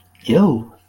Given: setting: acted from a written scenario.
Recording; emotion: vocal sound without words; disgust